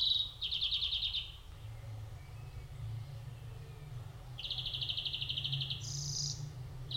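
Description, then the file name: European greenfinch: finch trills: two bursts of fast, regular buzzy notes separated by several quiet seconds, ending with a short higher note, over a low steady hum. "Chloris chloris"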